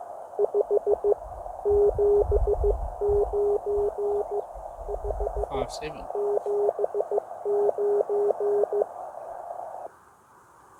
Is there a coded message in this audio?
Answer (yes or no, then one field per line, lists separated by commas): yes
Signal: Morse code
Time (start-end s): 0.4-8.8 s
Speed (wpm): 14 wpm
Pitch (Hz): 410 Hz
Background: speech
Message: 579 579